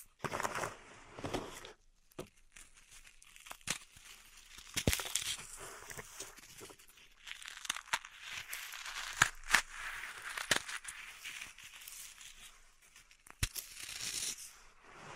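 Pink salt is raked and brushed in a zen garden, making a dry, gritty crinkling and scratching that rises and falls. Sharp clicks and taps cut in every second or two, with louder ones near 5 and 13 seconds.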